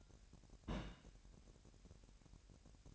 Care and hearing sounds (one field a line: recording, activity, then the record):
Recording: daily activity, microphone in the room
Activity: place on stove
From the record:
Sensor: 2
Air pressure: 1011.9 hPa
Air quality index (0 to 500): 192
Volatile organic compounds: 3 ppm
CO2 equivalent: 1363 ppm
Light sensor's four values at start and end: 69/164/67/64 and 69/164/67/64